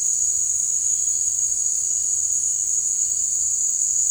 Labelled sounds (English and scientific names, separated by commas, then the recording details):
none
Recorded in dense forest near Puerto Asís, Putumayo, Colombia, on 13 March 2025 at 17:30
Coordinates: 0.485, -76.318
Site G056